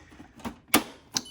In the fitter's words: just to the right of it we're just going to pop it in right that and then it's going to do a nice little click